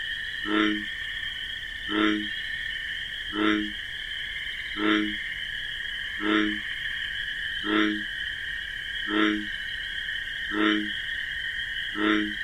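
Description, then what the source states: Bullfrog croaks, nine brief low harmonic notes in a very regular series, accompanied throughout by a continuous cricket hum. Night in wetlands with marsh grasses; bullfrog's deep 'jug-o-rum' call amid a nocturnal chorus of crickets.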